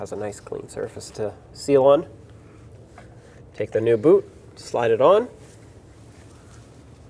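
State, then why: Not seated. A new rubber inner tie rod bellows boot is slid onto the power steering rack housing of a 2008-2020 Dodge Grand Caravan, ahead of being pressed into its locking groove. Someone talks throughout, with a brief faint sound near 3.0 seconds. Nothing has seated or clicked yet.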